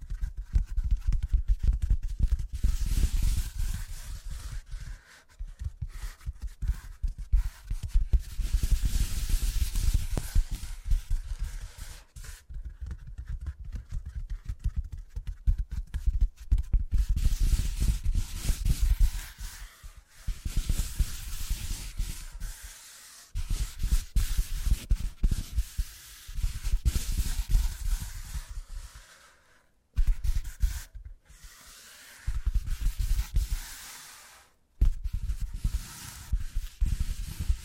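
Tingly tapping sounds come in rapid, dense runs with a scratchy, rubbing texture and a soft low thump underneath. The runs stop briefly every few seconds, with short silences near 5, 12, 20, 30 and 35 seconds before the tapping resumes.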